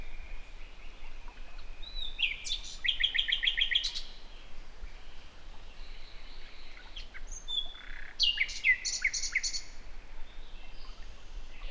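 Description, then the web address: Common nightingale song with fast repeated clicking notes, buzzy trills and whistles in two bursts, pausing between them, low background rumble throughout. "SETE Luscinia megarhynchos"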